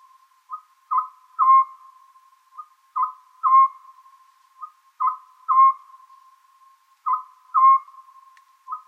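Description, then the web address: Oriental scops owl calling: a quiet short hoot, a louder short hoot and a longer, loudest hoot, the phrase repeated about every two seconds, four times. "konohazuku"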